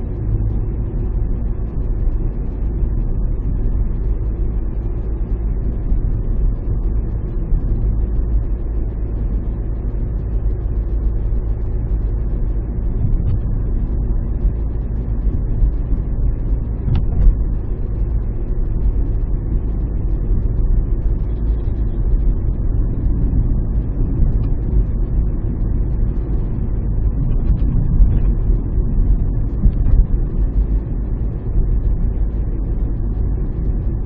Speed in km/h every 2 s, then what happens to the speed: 40, 41, 41, 41, 41, 41, 42, 41, 41, 40, 41, 41, 41, 42, 41, 41, 41.
0-34 steady at about 41.